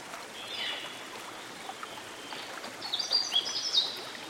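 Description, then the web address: Canada warbler singing a brief, quick run of high, sputtering notes near the end, after a faint slurred note, against continuous flowing water. Singing beside a stream. "Dan Gibson Songbirds By The Stream. Canada Warbler"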